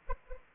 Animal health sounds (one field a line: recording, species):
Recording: mosquito wingbeat signal from an infrared sensor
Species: Anopheles arabiensis